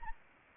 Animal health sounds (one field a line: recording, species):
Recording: mosquito wingbeat signal from an infrared sensor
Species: Anopheles arabiensis